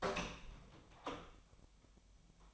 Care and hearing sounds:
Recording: daily activity, microphone in the room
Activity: open door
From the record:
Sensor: 1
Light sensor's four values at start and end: 13/32/13/14 and 13/32/13/14

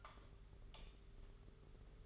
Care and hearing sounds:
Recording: daily activity, microphone in the room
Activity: light off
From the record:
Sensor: 4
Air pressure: 991.8 hPa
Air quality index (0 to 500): 98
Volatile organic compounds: 11 ppm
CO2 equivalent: 2291 ppm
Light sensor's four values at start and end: 9/25/9/11 and 7/16/6/6

